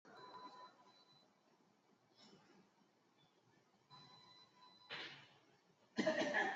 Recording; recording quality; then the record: shallow breathing; poor, much background noise or distortion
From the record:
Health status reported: COVID-19 positive, no symptoms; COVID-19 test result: positive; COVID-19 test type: RT-PCR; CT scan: taken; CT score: 17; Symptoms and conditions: cough, cold, breathing difficulty, fatigue, muscle pain, loss of smell and taste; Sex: male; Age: 28 years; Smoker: no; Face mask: not worn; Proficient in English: yes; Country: India